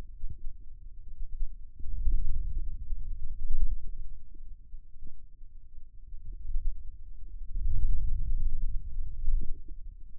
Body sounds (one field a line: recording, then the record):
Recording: forearm muscle sounds (acoustic myography)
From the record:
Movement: radial deviation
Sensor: system 2, bracelet of six BSWA MPA416 microphones around the upper forearm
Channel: 3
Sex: male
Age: 22 years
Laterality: right